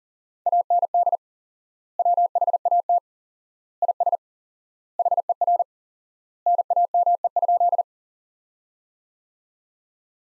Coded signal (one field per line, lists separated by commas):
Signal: Morse code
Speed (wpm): 37 wpm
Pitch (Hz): 700 Hz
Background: none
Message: AND WHAT IS HER NAME?